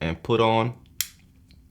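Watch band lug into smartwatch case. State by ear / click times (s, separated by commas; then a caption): seated / 1.0 s. Someone talks briefly as a watch band is snapped back onto the quick-release dynamic lug of a Samsung Galaxy Watch Ultra case. A sharp, bright click sounds at 1.0 s, followed by faint ticks. The band seats and is secure.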